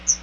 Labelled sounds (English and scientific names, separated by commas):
Chestnut-sided Warbler (Setophaga pensylvanica) flight call